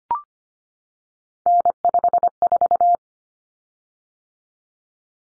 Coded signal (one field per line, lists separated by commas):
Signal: Morse code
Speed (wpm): 25 wpm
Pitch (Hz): 700 Hz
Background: none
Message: N54